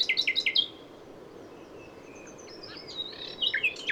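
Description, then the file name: Common nightingale song: a quick cluster of loud descending chirps, a pause with faint whistles, then sharper chirps returning at the end. "Luscinia megarhynchos"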